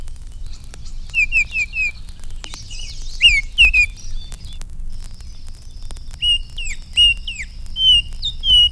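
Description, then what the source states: Baltimore Oriole song: several series of clear, slurred whistled notes, some downslurred and repeated. Loud, clear, relatively low-pitched song of single notes and slurred phrases.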